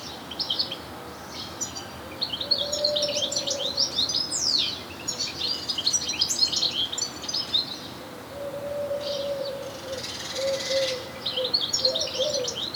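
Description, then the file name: European goldfinch calling in lively, dense runs of liquid twittering and buzzy high notes, nearly continuous, over a soft intermittent low droning tone. "Carduelis carduelis"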